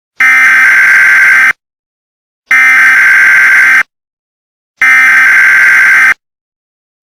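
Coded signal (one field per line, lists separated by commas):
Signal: Emergency Alert System (SAME) tones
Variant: header bursts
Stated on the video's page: Fictional EAS scenario imagining a Locust invasion, not a real alert.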